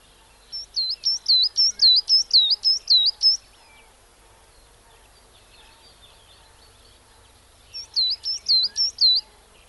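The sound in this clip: Coal tit singing a fast run of high, squeaky two-part notes, about a dozen in a row, then a pause before a shorter burst of six; quiet background birds.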